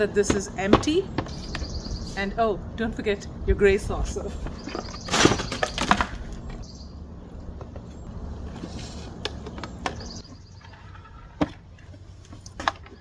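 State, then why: Not seated. Someone talks while an empty plastic GreenStalk vertical-planter tier is set onto the stack and its gray saucer, with several sharp plastic knocks and clacks. Nothing has clicked into place yet because the tier is empty; it will seat once soil is added.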